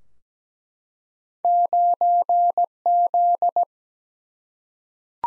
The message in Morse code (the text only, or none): 9Z